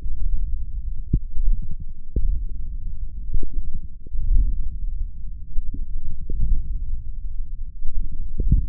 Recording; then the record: forearm muscle sounds (acoustic myography)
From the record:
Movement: wrist flexion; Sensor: system 1, eight BSWA MPA416 microphones around the upper forearm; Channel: 8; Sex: male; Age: 42 years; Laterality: right